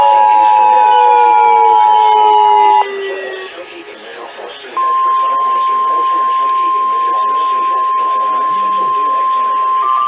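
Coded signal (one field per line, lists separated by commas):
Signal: Emergency Alert System (SAME) tones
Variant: 853 and 960 Hz attention tone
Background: speech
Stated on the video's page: NOAA Weather Radio alerts.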